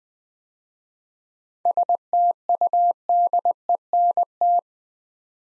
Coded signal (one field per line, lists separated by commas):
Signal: Morse code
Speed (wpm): 20 wpm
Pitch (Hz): 700 Hz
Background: none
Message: STUDENT